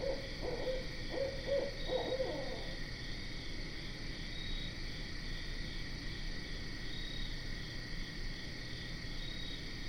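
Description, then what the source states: Barred owl giving a quick series of low hoots in the first three seconds, then only a continuous droning insect chorus. Recorded 12 September 2010.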